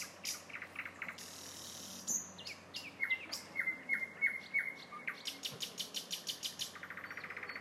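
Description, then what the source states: Nightingale song: bursts of fast clicks, then a run of evenly spaced rich notes followed by a rapid rattling trill. Song of a nightingale recorded in a town.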